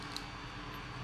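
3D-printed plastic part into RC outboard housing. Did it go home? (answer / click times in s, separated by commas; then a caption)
no / none. A 3D-printed plastic part of an RC outboard is rotated back and forth and lifted and lowered over the outboard housing, with a faint tick at 0.2 s over a steady low background hiss. Nothing has seated or clicked into place yet.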